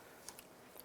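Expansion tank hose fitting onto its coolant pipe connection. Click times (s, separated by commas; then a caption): 0.3 s. On a 2011-2019 Ford Fiesta during a water pump replacement, the expansion tank coolant hose quick-connector fitting is lined up and gently pushed onto its coolant pipe connection. A sharp click at 0.3 s marks it seating and securing into place, followed by two fainter ticks around 0.4 s and 0.8 s.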